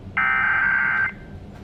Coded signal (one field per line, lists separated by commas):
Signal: Emergency Alert System (SAME) tones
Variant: header bursts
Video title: Weekly Tests and Monthly of May 2026 (New EAS 1,028-1,035)